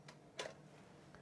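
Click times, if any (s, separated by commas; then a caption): 0.4 s. A CD/DVD is pressed by hand onto the central clip-in spindle of a slim Takit external USB 3.0 and USB-C CD/DVD drive tray. A faint tick at 0.1 s comes before a sharp, bright click at 0.4 s as the disc snaps into place, followed by a few quieter small ticks near 1.1 and 1.2 s. The disc is seated on the spindle.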